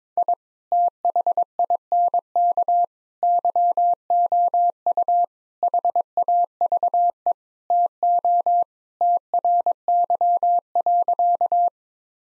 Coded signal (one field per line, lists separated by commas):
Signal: Morse code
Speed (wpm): 22 wpm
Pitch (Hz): 700 Hz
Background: none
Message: I THINK YOU HAVE TO TRY.